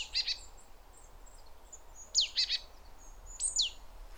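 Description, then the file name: Great tit uttering short buzzy double chatters and sharp descending high notes, three quick bouts within a few seconds against a hissy background. "Parus major"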